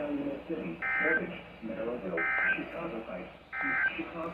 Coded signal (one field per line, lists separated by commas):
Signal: Emergency Alert System (SAME) tones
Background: speech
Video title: Severe Thunderstorm Warnings + 70 mph Wind gusts in Rockford, IL 6/24/23-6/25/23 (EAS 164-180)